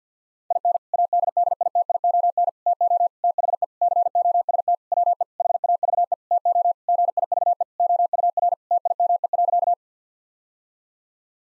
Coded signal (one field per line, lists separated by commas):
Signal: Morse code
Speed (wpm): 49 wpm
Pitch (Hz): 700 Hz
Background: none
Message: IN ADDITION TO THE COST WE HAVE TO GIVE OUR TIME.